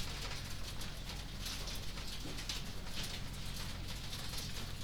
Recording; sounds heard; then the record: poultry house recording; no chicken sound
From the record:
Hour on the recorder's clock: 20